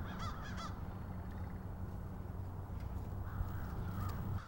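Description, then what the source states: Crow caws, a few harsh notes at the start and another caw near the end, with a constant low hum throughout. Several crows.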